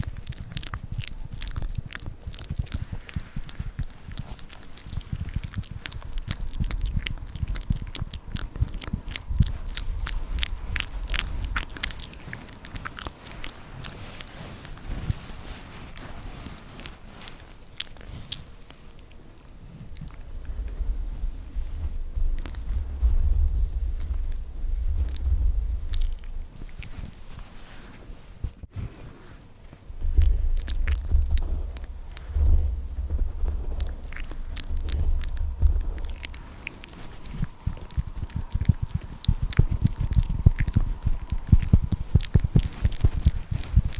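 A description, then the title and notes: Mouth sounds and crunchy, chewing-like clicks with dense scratching and tapping, plus low rumbling thumps that come in bursts around 20–27 and 30–36 seconds. Mouth sounds, tapping, mic scratching (NO TALKING).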